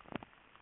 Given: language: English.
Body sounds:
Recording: throat vibration sensor signal played as sound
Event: swallow

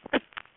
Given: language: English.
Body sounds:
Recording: throat vibration sensor signal played as sound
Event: cough

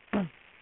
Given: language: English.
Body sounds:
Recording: throat vibration sensor signal played as sound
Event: throat clearing

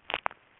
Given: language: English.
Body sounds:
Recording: throat vibration sensor signal played as sound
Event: swallow

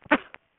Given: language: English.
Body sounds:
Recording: throat vibration sensor signal played as sound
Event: cough

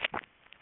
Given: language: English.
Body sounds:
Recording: throat vibration sensor signal played as sound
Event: swallow

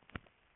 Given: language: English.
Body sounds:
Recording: throat vibration sensor signal played as sound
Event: swallow

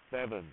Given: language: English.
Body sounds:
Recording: throat vibration sensor signal played as sound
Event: speech

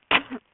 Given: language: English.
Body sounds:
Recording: throat vibration sensor signal played as sound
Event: cough

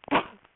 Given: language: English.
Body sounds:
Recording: throat vibration sensor signal played as sound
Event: cough

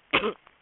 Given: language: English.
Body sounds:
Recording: throat vibration sensor signal played as sound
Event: cough

